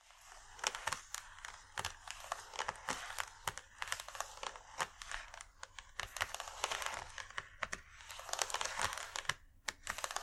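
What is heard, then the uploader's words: Scratchy tapping, with quick sharp taps landing in irregular clusters, several per second, over a steady crackly scratching layer. The sound is bright and crisp with little low end. There are brief gaps around six and nine seconds before the tapping resumes. Irresistible Scratchy-tapping.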